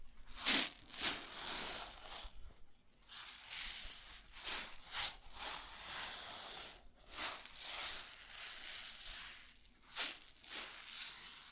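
Grain is shifted and poured in uneven bursts, a bright, crisp rustle with sharper crunchy peaks near the start and around ten seconds.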